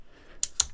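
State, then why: Seated. A small red axis-lock switch on the arm of a handheld Weebill Lab camera gimbal is flipped to lock the axis in place, so one axis can be handled at a time while balancing without fighting gravity. Two sharp, bright clicks sound at 0.4 s and 0.6 s over a quiet background, the second with a slight low thump. The switch locks the axis into place.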